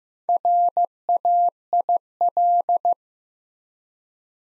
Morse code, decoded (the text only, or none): RAIL